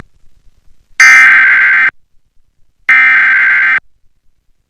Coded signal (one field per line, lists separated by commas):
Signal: Emergency Alert System (SAME) tones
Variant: header bursts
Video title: KXJZ "CapRadio" Sacramento, CA - Aircheck & EAS Alert (October 23, 2021)